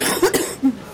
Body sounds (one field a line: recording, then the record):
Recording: coughing mixed with background sound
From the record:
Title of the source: 30 Chesty and wet cough